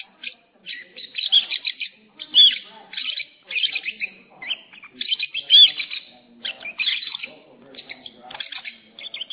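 Lovebird chirping continuously, bright squeaky notes in uneven clusters with hardly any pause.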